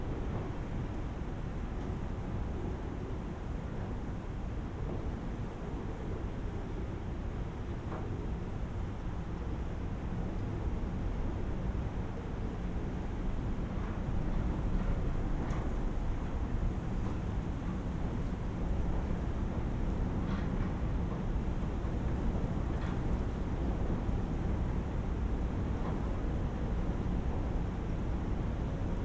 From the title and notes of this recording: Inside a bird hide. Indistinguishable shifting murmurings, of the surrounding landscape, blown in through low letterbox windows. Flurried sounds, made by internal things under external forces.